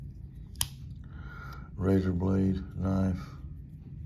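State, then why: Seated. A button-lock utility razor blade on a metal multitool is opened, and a sharp click at 0.6 s marks the blade locking into the button lock. Afterwards someone talks, and the blade is locked open in place.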